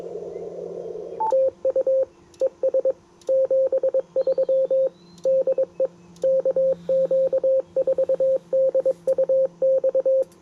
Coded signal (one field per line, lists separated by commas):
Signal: Morse code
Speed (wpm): 22 wpm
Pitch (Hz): 530 Hz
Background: radio noise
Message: TU ES 73 DE KQ4DUX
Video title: Yaesu FT-710 CW and SSB POTA Activation